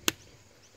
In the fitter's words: just turn that and then you'll give it a turn you'll hear it click solid